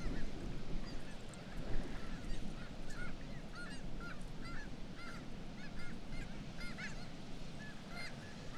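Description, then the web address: Black-legged kittiwakes calling, many overlapping cries repeated throughout over a steady low rumble. "sound Black-legged-kittiwake. صدای-پرنده-کاکایی-پاسیاه"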